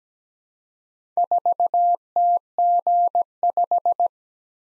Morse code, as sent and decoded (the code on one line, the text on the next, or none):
....- - --. .....
4TG5